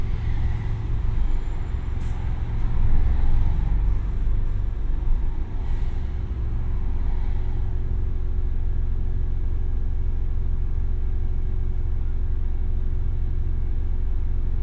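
A bus ride, with a steady low engine rumble throughout and a constant hum. In the first six seconds the sound is busier, with brief hissing bursts near two and six seconds like air brakes, then it settles into an even, droning roar.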